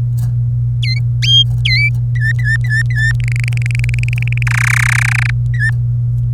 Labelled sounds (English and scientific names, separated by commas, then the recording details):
Domestic Canary (Serinus canaria) song
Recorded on 26 April 2018 at 16:33
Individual llb3